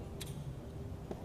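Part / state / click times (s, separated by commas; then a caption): lock plug in a pin tumbler lock / released / 0.2 s, 1.1 s. A pin tumbler lock is picked with light tension from a wrench and a short hook working the pins. Two sharp ticks are heard at 0.2 s and 1.1 s over a steady low background hum. The lock plug turns and the lock opens.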